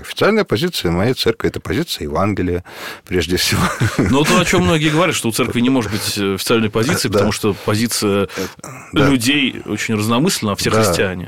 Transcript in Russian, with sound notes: «Ну, как? Официальная позиция моей Церкви — это позиция Евангелия, прежде всего». (Смеется.)
— Ну, то, о чем многие говорят — что у Церкви не может быть официальной позиции, потому что позиция людей очень разномысленна, а все — христиане.